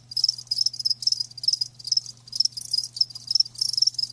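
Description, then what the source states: Crickets give loud shrill chirps in quick rhythmic bursts, about two or three per second, over a faint constant low hum. Live crickets chirping, a lulling song.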